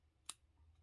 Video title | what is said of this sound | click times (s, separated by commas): USE A GEM with ANY ONEBLADE RAZOR - 0 EFFORT HACK - IN 4K!! | You hear that click? That click's very important because it means that it's in place. | 0.3 s